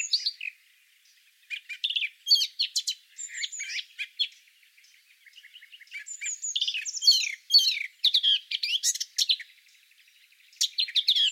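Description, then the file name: Eurasian blackcap song: rich, varied warbling phrases of quick chirps and clear whistles, delivered in bursts separated by short pauses. "Sylvia atricapilla"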